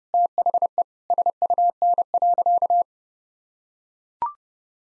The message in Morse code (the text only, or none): THE SUN.